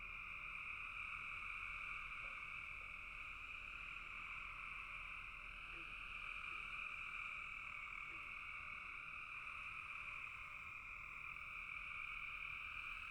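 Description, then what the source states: Frogs in full chorus, a steady layered trill, joined by several brief lower croaks scattered through the middle. Frogs calling in a bog.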